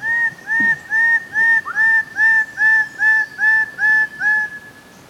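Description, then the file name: Blue bird-of-paradise calling in a loud, even series of ringing, slightly arched notes, about eleven in quick rhythm, more than two per second, in a quiet background. "suara cenderawasih biru paradisaea rudolphi"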